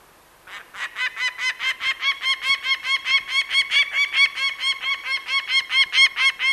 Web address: peregrine falcon